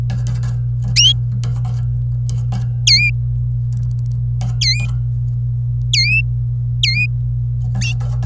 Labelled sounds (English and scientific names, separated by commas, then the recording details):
Domestic Canary (Serinus canaria) song
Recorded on 26 April 2018 at 05:48
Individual llb3